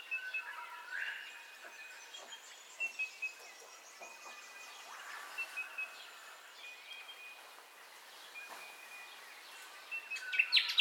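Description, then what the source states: Birds calling in a dawn chorus: overlapping high whistles and short chirps, with brief louder notes and a sharp burst of calls at the close. Dawn ambience of bird calls, recorded in stereo.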